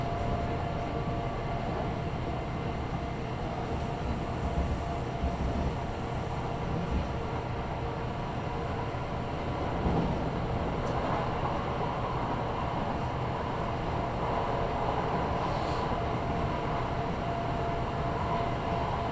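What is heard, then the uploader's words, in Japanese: A Kintetsu Osaka Line express train running from Nabari toward Yamato-Asakura, heard as a steady, dense rumble of wheels and motors that holds an even level throughout. A faint whining tone rides above the roar, with occasional light clicks and knocks around 4, 10 and 16 seconds. 近鉄大阪線 急行 名張→大和朝倉。平日のお昼時、そろそろ学生の乗り降りが始まりそうな時間帯です。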